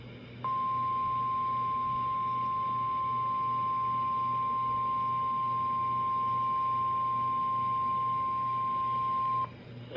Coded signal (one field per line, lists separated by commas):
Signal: Emergency Alert System (SAME) tones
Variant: 1050 Hz attention tone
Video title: The Most Scuffed Enhanced Risk - EAS Alerts from 5/16/25 || EAS 1,782-1,798